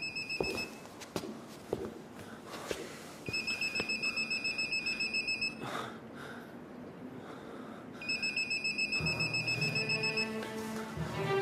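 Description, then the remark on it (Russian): A phone rings as a police major places a call from another person's phone: a high, warbling electronic trill sounding in three separate bursts with short pauses between them, over faint background noise and a few soft knocks. “Майор звонит по телефону Антонины Эдуарду.”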